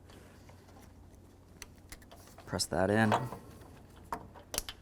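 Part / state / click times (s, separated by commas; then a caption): hood latch wiring connector into its mating plug / seated / 4.1 s. On a 2003–2007 Honda Accord, the hood latch electrical wiring connector is pressed by hand into its mating plug, and someone talks briefly around 2.6–3.3 s. The plastic housings snap home with a sharp click at 4.1 s, followed by a couple of small handling ticks. The connector is seated and is tugged to check that it holds.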